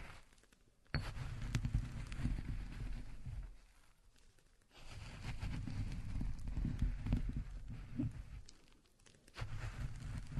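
Walnuts are ground by hand, making a dense, gritty crunching and rasping that comes in long bursts. Grinding runs from about one to nearly four seconds, again from five to eight and a half, and restarts near the end, with brief quiet pauses between.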